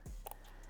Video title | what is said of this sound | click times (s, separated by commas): Centauri vs P1P: The Ultimate 3D Printing Showdown | And it just snaps right into place. | 0.3 s